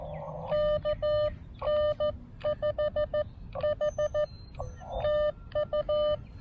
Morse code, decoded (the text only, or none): KN5H TU